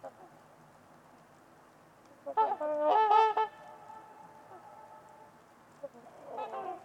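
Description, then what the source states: Trumpeter swans bursting into a loud run of overlapping, horn-like honks for about a second, then fainter honks near the end against soft background hiss. Several trumpeter swans at Winters Lake on a winter evening, in a quiet, deep valley, with distant white noise.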